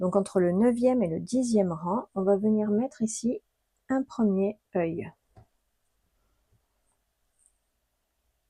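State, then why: Not seated. Someone talks for the first five seconds while a plastic safety eye is placed through the crochet stitches between the 9th and 10th rows of a crocheted toy body, before the securing washer is pushed on. Only faint handling sounds follow, with small ticks near 5.4 and 7.5 seconds. Nothing has seated or clicked yet.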